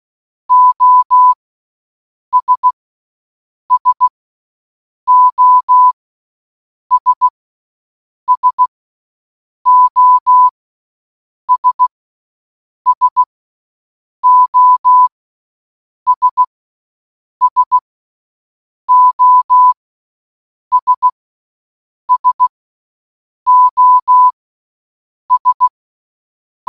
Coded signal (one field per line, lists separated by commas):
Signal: Morse code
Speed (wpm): 16 wpm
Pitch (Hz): 1000 Hz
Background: none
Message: OS SOS SOS SOS SOS SOS